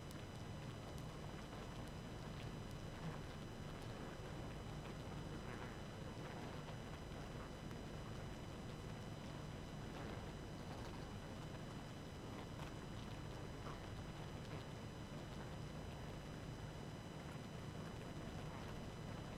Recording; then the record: honeybee colony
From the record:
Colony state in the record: active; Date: 12 June 2018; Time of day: 22:55